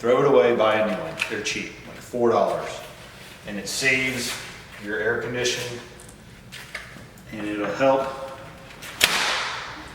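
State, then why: Seated. A new disposable air conditioner filter is pushed into its slot in the return vent while someone talks. It snaps into place with a sharp click at 9.0 s, showing the filter is properly seated.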